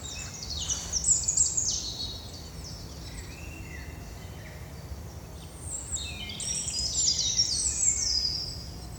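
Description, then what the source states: Birds chirping and twittering in high, thin bursts, several overlapping callers with quick trilled phrases, over a low steady background hum. Birds in a park near a forest.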